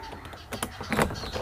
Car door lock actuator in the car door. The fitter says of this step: এখন লক হচ্ছে লক হয়ে গেছে